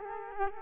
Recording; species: mosquito wingbeat signal from an infrared sensor; Culex quinquefasciatus